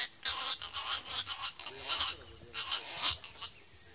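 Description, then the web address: Snail kite uttering a series of hoarse, grating, bleating notes. Recorded in the eastern lowlands of South America. "Natures Songs S America Eastern Lowlands. Snail Kite"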